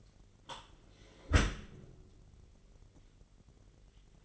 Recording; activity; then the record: daily activity, microphone in the room; close dishwasher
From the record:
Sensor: 4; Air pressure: 999.1 hPa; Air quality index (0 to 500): 122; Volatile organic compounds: 2 ppm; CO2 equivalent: 1196 ppm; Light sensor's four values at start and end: 8/19/7/8 and 8/19/7/8